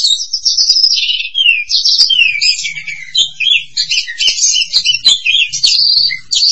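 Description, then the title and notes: Starling warbling a busy jumble of high whistles, squeaks and chattering notes. "suara burung jalak"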